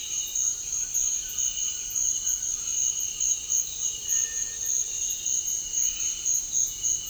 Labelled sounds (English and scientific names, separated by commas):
White-throated Toucan (Ramphastos tucanus), White-throated Tinamou (Tinamus guttatus)